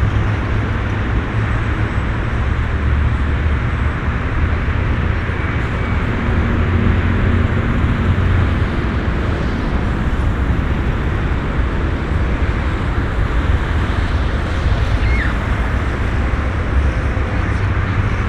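A field recording of a changing environment, filled with a steady, dense roar of traffic that stays at an even level throughout. The low rumble dominates, with a few faint brief tones surfacing briefly around six and fifteen seconds.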